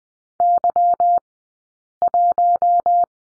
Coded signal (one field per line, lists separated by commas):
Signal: Morse code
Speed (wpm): 20 wpm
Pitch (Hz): 700 Hz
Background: none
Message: Y1